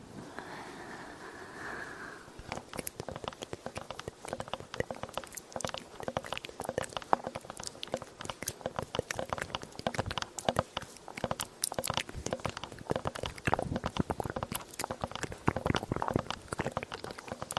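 Mouth sounds and tapping: after about two seconds of quiet hiss with a faint hum, dense, irregular clicks and crisp taps start and continue without pause. The sharp, bright, crackly bursts come fast and uneven, sounding like crunching and chewing.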